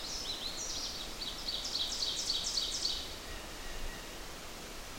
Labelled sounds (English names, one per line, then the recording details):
Ovenbird song
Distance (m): 35 m
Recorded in boreal forest in Alberta, Canada, on 8 June 2016 at 06:34
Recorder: SongMeter 3, array SBT-3-9
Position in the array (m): 47 m, 103 m
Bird 33